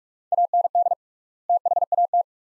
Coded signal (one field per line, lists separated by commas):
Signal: Morse code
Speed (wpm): 43 wpm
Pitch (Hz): 700 Hz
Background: none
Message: AND THAT